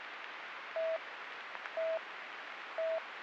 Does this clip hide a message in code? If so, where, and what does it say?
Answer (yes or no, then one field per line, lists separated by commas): no